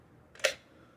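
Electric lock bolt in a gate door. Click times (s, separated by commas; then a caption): 0.4 s. A Yale smart electric gate lock's bolt in a gate door releases after a key card is tapped. A faint tick at 0.4 s is followed by a sharp, bright click at 0.5 s that decays quickly, and the lock is released, leaving the gate open.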